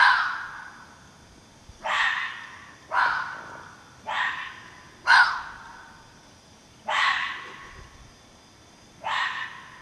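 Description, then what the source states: Fox giving a run of hoarse, grating barks, about seven calls at irregular one-to-two-second gaps, each sudden and fading, with little other sound. More than one fox.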